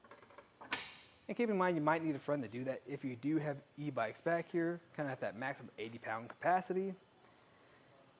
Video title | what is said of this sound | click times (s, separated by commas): etrailer - RockyMounts Gigawatt Bike Rack for 2 Bikes Review - 2024 Toyota RAV4 - RKY37MR | until it clicks into place | 0.7 s